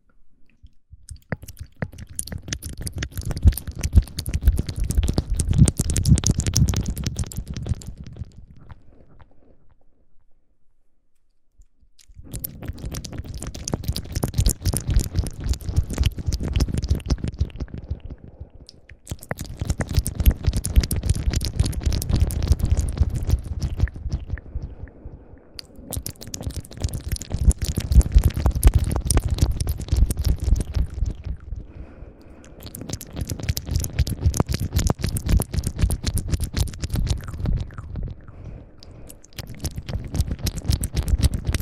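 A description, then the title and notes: Dense, layered mouth sounds come in waves, each swelling and fading over about five or six seconds, with a near-silent pause around the ten-second mark. The texture is thick, wet and crackly, full of rapid clicks over a heavy low rumble. ASMR intense layered mouth sounds.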